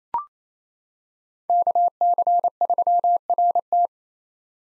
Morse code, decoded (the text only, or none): KC3RT